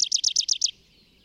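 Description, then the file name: Tree pipit song: a quick run of six loud, high notes, each sliding downward, repeated evenly for under a second and then stopping into quiet. Recorded in the Bavarian Forest on 25 April 2015. "Baumpieper. Bayerischer Wald REG. Susanne Rieck"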